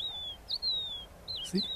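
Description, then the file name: Crested lark call: long, clear whistles drawn out and gently falling, two in a row, then shorter twisted notes. "Crested lark alok"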